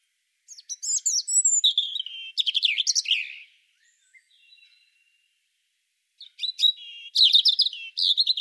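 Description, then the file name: European robin song in two bursts, each a quick run of high, sharp, jumbled notes and fast trills, split by a few seconds of near silence. "Erithacus rubecula"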